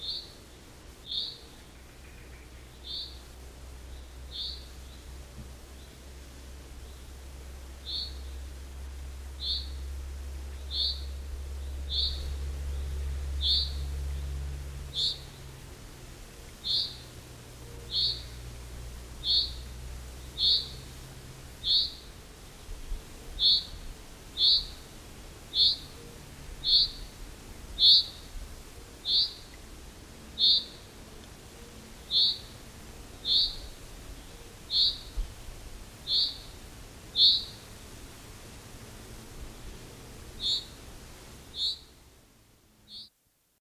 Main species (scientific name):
Fringilla coelebs